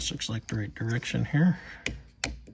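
Someone talks while handling the plastic locking faceplate as it is lined up to go back onto a wiring harness connector for a Bronco 4 and 7 pin factory tow package. Sharp handling ticks follow near 1.9 s and 2.2 s, with a fainter one at 2.5 s. Nothing has seated or clicked yet.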